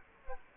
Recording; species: mosquito wingbeat signal from an infrared sensor; Culex quinquefasciatus